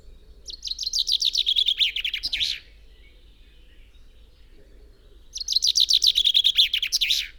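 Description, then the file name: Common chaffinch singing two descending rattled phrases with terminal flourishes, separated by about three seconds of quiet, low steady hum beneath. "Fringilla coelebs"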